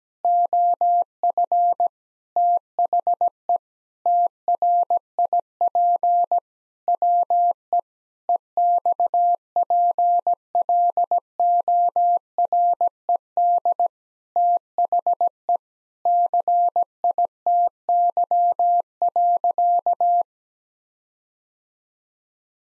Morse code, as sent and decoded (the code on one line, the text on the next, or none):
--- ..-. / - .... . / - .-. .. .--. / .-- . / . -..- .--. .-.. --- .-. . -.. / - .... . / -.-. .. - -.-- .-.-.-
OF THE TRIP WE EXPLORED THE CITY.